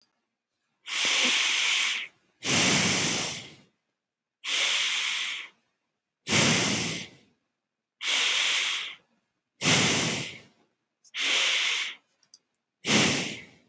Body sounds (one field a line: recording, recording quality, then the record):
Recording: deep breathing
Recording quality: excellent, no background noise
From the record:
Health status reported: healthy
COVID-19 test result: not tested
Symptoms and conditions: none ticked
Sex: male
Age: 24 years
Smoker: not ticked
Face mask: not worn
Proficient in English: yes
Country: United States